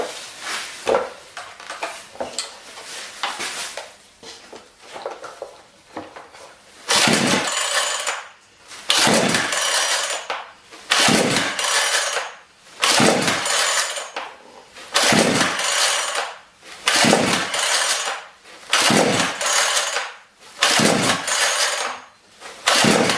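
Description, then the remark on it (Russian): A petrol chainsaw's starter cord is yanked over and over with the choke pulled out, during about seven minutes of trying to start it, each pull a harsh rasping whir that dies without the engine catching, repeating at a steady rhythm after some earlier clattering. “Друзья, ну пока я завожу нашу пилу, в течение 7 минут уже”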